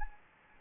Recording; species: mosquito wingbeat signal from an infrared sensor; Anopheles gambiae